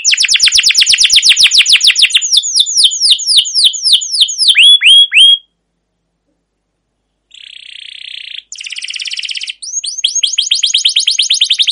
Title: CUIT CUIT NGEROL LANGSUNG GACOR PANJANG Kenari Utk Pancingan KENAR. Masteran Suara Burung Kenari Gacor Panjang cuit cuit Ngerol untuk Pancingan Kenari